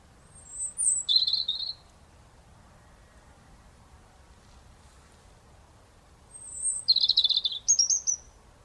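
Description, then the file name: European robin singing two short, high, tinkling phrases with fast shifting notes, a long quiet gap between them. "Erithacus rubecula"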